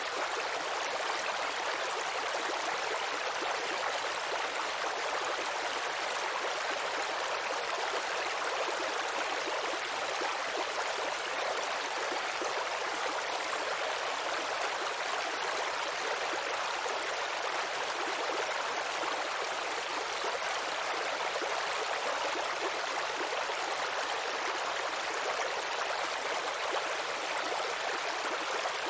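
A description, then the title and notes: Water rushes steadily for the whole half minute, a dense, hissing wash like a stream or small waterfall. The sound is bright and full through the middle and upper range, with little low rumble, and its level barely changes from start to finish. Water Sounds.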